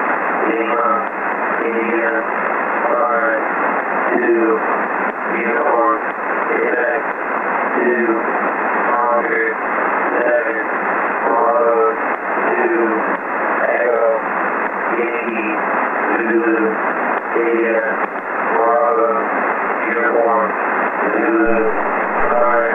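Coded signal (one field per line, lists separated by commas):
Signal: coded military voice message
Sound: a male voice reads a steady stream of coded characters over shortwave single-sideband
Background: radio static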